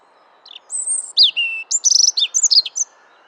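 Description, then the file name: European robin singing a short phrase of high, thin whistles and rapid twittering trills, mixing sweet sustained notes with quick descending slurs, over faint low background hum. "Erithacus rubecula"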